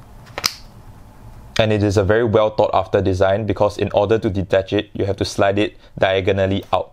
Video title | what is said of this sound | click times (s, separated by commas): Hamcus Berserker Manta Cargo Pants Review | it automatically snaps into place | 0.5 s